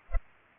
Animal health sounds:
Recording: mosquito wingbeat signal from an infrared sensor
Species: Culex pipiens

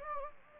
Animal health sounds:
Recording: mosquito wingbeat signal from an infrared sensor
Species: Anopheles gambiae

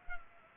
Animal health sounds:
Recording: mosquito wingbeat signal from an infrared sensor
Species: Culex pipiens

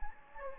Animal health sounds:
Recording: mosquito wingbeat signal from an infrared sensor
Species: Anopheles gambiae

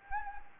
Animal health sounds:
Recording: mosquito wingbeat signal from an infrared sensor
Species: Anopheles gambiae

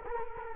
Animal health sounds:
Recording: mosquito wingbeat signal from an infrared sensor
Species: Culex quinquefasciatus

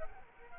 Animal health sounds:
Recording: mosquito wingbeat signal from an infrared sensor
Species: Culex quinquefasciatus

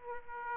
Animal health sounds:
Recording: mosquito wingbeat signal from an infrared sensor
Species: Aedes aegypti

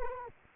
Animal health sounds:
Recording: mosquito wingbeat signal from an infrared sensor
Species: Anopheles arabiensis

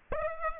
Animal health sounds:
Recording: mosquito wingbeat signal from an infrared sensor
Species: Aedes aegypti

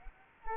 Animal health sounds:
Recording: mosquito wingbeat signal from an infrared sensor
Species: Culex quinquefasciatus

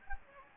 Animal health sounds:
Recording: mosquito wingbeat signal from an infrared sensor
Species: Anopheles gambiae

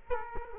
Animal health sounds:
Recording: mosquito wingbeat signal from an infrared sensor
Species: Culex quinquefasciatus

